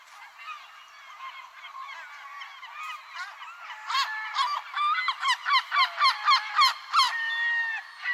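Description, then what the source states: Bird calls, a chorus of overlapping nasal notes that builds into a run of sharp, rapid repeated calls toward the end. Recorded in Arizona.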